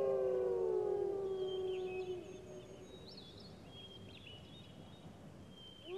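Wolf howl, a long falling tone that ends after two seconds, then quieter chirps and a new howl starting at the end.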